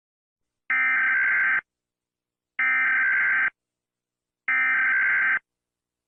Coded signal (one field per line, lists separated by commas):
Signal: Emergency Alert System (SAME) tones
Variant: header bursts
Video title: Rating EAS Alarms part 1 (Spanish)